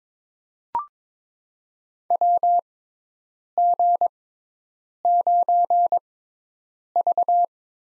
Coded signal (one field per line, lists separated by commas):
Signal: Morse code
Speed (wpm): 22 wpm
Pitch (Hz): 700 Hz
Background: none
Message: WG9V